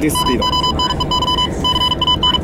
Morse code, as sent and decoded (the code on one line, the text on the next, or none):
-- --- -. . -.-- / -.-. .- -.
MONEY CAN